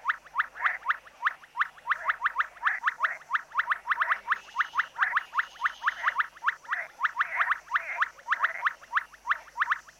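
Amphibian calls: dense, nearly continuous rapid chirping throughout.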